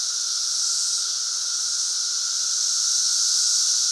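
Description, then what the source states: Periodical cicada chorus: an unbroken high-pitched buzzing wall of sound, slowly swelling, with a faint steady lower tone. Chorus in Central Illinois during the 2024 cicada super bloom.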